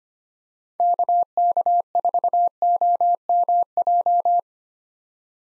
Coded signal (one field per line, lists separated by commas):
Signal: Morse code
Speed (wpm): 25 wpm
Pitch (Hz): 700 Hz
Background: none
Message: KK4OMJ